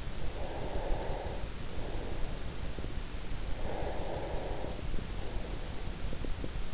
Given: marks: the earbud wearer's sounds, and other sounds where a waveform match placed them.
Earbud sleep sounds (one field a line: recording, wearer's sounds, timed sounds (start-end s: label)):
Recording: sounds in sleep by an in-ear microphone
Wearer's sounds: breath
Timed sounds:
0.21-2.83 s: breath
3.53-6.40 s: breath